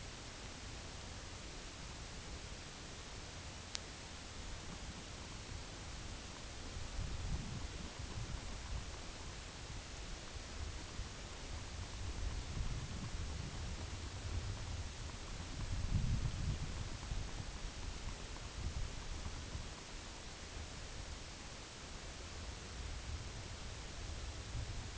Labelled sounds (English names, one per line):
none